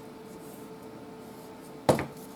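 The plastic top of a small chopper blender is twisted onto the blender base until its grooves engage. After a steady low background hum, a sharp hit at 1.9 s marks the top locking into place, followed by a smaller knock at 2.0 s. The top is seated and locked.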